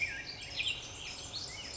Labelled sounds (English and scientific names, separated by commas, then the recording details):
Black-headed Grosbeak (Pheucticus melanocephalus)
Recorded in Sonoma County, California